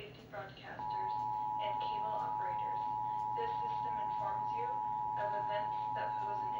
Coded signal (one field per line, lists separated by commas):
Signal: Emergency Alert System (SAME) tones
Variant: 853 and 960 Hz attention tone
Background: speech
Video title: EAS #91 - Mar 2025 Required Monthly Test